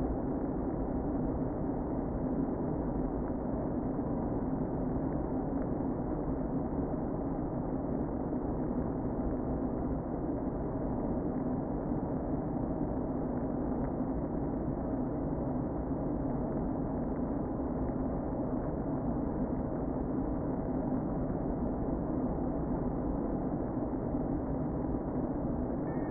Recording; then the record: honeybee colony, microphone inside the hive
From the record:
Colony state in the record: queen present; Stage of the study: before two queens were removed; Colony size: about 60,000 bees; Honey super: yes